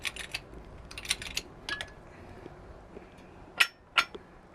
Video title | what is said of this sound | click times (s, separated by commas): Fix Big Issue: DIY 94 Ford F53 Rear Wheel Seal Fix | see now that fell down so that's actually locked into place okay | 3.6 s